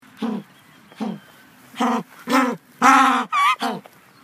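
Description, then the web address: African penguin braying in a series of short, harsh, donkey-like honks. A prolonged call. "suono prolungato in cui il pinguino occhialuto emette suoni spheniscus demersus"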